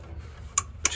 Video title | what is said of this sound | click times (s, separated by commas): Trane Gas Furnace Not Heating No Ignition Resolved | and it locks into place | 0.6 s, 0.9 s